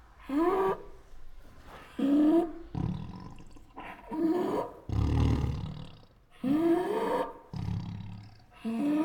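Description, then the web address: Tiger giving a series of short snarling growls, repeated every second or two with brief pauses between. Protective growls. "Sound Ideas Tigers Sound Effects"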